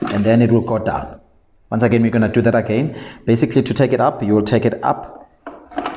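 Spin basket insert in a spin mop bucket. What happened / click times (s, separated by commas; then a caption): The plastic insert is handled but not yet latched / none. Someone talks while handling the plastic spin basket insert of a Floorwiz Spintech spin mop bucket, getting ready to lift it so it moves to the other level position and latches there. A few short knocks come near the end, but nothing has seated or clicked yet.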